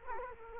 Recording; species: mosquito wingbeat signal from an infrared sensor; Culex quinquefasciatus